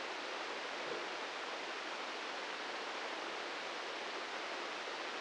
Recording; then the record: brain microelectrode recording played as sound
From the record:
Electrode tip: inside the subthalamic nucleus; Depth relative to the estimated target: 0 mm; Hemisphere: right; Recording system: NeuroSet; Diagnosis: Parkinson's disease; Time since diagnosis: 15 years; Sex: male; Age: 65 years